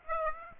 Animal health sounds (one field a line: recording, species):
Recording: mosquito wingbeat signal from an infrared sensor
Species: Aedes aegypti